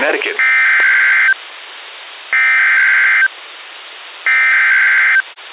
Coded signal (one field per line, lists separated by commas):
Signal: Emergency Alert System (SAME) tones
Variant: header bursts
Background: speech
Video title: Severe Weather EAS Alerts on WXJ42 Meriden, CT (5/22/22) (EAS #8-11)